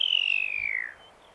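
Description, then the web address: Pipit call: a buzzy, high note gliding gradually downward, then a faint thin whistle. "animal-sound pipit-sound"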